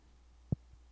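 One short, dull low pop, then a fainter one: a jaw click from the temporomandibular joint, made close to the microphone by an adult with suspected TMJ disorder.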